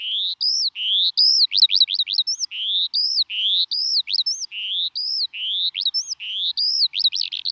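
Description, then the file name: Eurasian skylark song, a high, bright phrase of rising whistles and quick trills, repeated many times, steady and uninterrupted. "alouette des champs"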